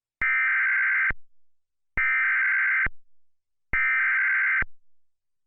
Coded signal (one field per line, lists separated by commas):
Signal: Emergency Alert System (SAME) tones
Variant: header bursts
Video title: EAS - San Diego Under Water